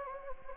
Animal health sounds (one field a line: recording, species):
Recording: mosquito wingbeat signal from an infrared sensor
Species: Anopheles gambiae